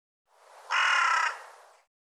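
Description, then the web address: Bird uttering a single hoarse, grating caw lasting about half a second, with a soft rasp before and after. "cianscape birddata"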